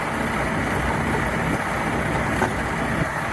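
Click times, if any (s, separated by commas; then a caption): none. A trucker keeps trying to close a latch on a truck, but it won't latch. Steady engine-like rumble and broadband noise fill the clip, with only faint bumps. Nothing has seated or clicked yet.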